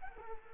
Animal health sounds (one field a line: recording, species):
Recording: mosquito wingbeat signal from an infrared sensor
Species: Culex quinquefasciatus